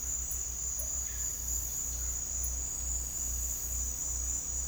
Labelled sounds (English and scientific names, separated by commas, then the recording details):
none
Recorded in dense forest near Puerto Asís, Putumayo, Colombia, on 8 March 2025 at 17:30
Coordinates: 0.503, -76.323
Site GP09